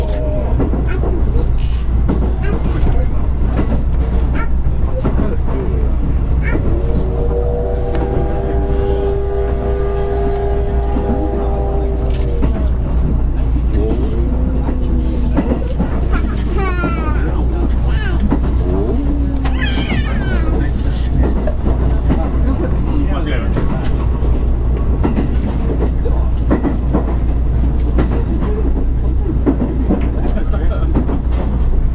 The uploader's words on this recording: JR西日本 山口線 SLやまぐち号 長門峡から地福まで. JR西日本 オハ３５系客車の録音です。 It is a running sound that can be heard from inside the SL train car.